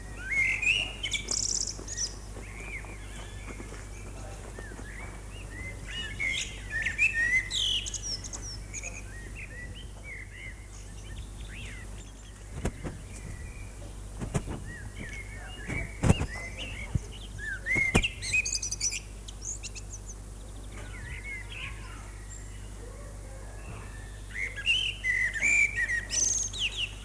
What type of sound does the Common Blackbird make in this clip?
song